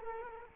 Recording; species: mosquito wingbeat signal from an infrared sensor; Culex quinquefasciatus